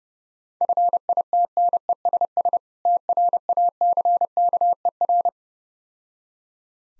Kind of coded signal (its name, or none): Morse code